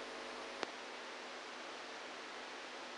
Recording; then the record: brain microelectrode recording played as sound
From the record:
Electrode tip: outside the subthalamic nucleus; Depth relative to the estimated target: 1 mm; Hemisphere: right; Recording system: NeuroSet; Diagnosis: Parkinson's disease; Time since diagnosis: 27 years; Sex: male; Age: 62 years